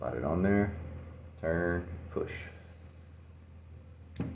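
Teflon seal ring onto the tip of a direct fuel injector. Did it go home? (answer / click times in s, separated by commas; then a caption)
yes / 4.2 s. Someone talks while a new Teflon seal ring is slid onto the tip of a Ford EcoBoost direct fuel injector with an installer tool, then turned and pushed. At 4.2 s a short, sharp snap is heard as the seal drops into its groove, and the seal is seated.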